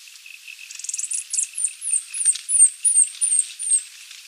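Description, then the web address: Gorgeted sunangel calls, a run of many very high, thin, slightly falling squeaky notes, over a faint high buzzing hum. Ecuador. "Birds of Ecuador. Gorgeted Sunangel"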